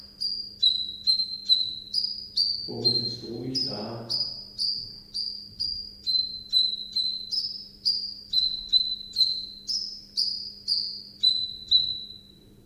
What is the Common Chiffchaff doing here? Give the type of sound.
song